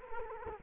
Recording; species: mosquito wingbeat signal from an infrared sensor; Culex quinquefasciatus